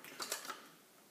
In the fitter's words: se clipse possibilité de changer trois possibilités